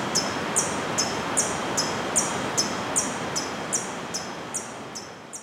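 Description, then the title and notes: Hummingbird giving regular, high, sharp chips about every 0.4 seconds, fading a little near the end, under a steady wash of background noise. Soundscape recorded in the afternoon on a farm in Boquete, Chiriquí, Panama. "COLIBRI. Paisaje sonoro , Boquete chiriqui , grabación en horas de la tarde"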